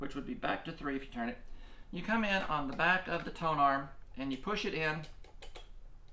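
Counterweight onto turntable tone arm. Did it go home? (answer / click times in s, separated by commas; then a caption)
yes / 5.4 s, 5.6 s. Someone talks while a counterweight is pushed onto the back of the tone arm of a Fluance RT85 turntable fitted with an Ortofon 2M Blue cartridge; the tone arm carries a small dial marked from 0 to 2.5. Two short clicks sound at 5.4 s and 5.6 s as the counterweight clicks and locks into place.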